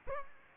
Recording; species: mosquito wingbeat signal from an infrared sensor; Aedes aegypti